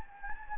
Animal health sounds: mosquito wingbeat signal from an infrared sensor; Anopheles gambiae

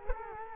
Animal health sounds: mosquito wingbeat signal from an infrared sensor; Culex quinquefasciatus

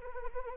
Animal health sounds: mosquito wingbeat signal from an infrared sensor; Anopheles arabiensis

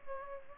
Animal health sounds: mosquito wingbeat signal from an infrared sensor; Aedes albopictus

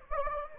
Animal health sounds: mosquito wingbeat signal from an infrared sensor; Anopheles gambiae

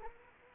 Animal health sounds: mosquito wingbeat signal from an infrared sensor; Anopheles arabiensis

